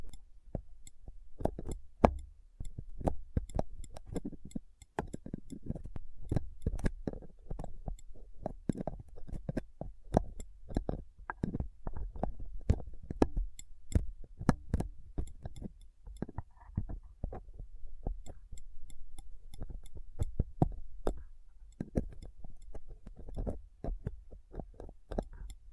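A microphone being rubbed and picked at with a dental pick, tweezers and a cotton swab. Dense, irregular scratches and sharp clicks come in quick succession throughout, over a steady low rumble, with a few brief lulls near five and twenty seconds.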